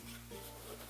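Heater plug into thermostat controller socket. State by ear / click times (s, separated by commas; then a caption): not seated / none. The fan heater's mains plug is being pushed into the thermostat controller's socket, heard as steady low hum with faint handling and rubbing noise. Nothing has seated yet, and the clip ends just before the plug goes home.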